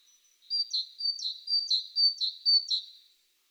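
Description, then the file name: Great tit song: a bright two-note phrase, high then lower, repeated about five times in quick, even succession. "Parus major"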